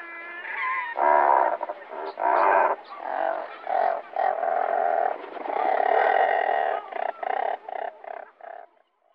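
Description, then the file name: Razorbill growling calls, harsh grunting bursts repeated irregularly, several long rasping notes run together midway, then short pulses fading out. "Tordmule"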